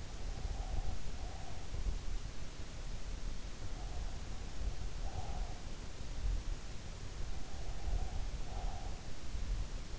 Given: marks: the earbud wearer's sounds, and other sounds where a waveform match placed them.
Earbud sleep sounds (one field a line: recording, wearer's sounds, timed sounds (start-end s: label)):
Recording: sounds in sleep by an in-ear microphone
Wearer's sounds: breath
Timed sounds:
0.00-1.93 s: breath
3.58-5.88 s: breath
6.97-9.17 s: breath